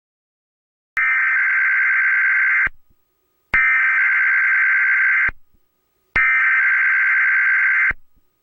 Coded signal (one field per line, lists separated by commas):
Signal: Emergency Alert System (SAME) tones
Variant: header bursts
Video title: EAS - new font test